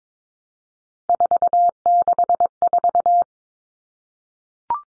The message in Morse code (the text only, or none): 464